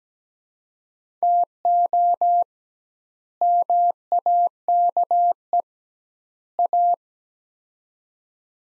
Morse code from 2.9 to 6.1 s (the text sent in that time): MAKE